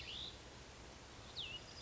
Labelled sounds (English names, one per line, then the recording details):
Cassin's Vireo
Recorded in Sonoma County, California